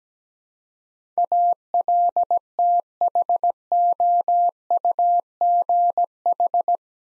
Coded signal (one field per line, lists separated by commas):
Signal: Morse code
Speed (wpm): 17 wpm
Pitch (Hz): 700 Hz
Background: none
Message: ALTHOUGH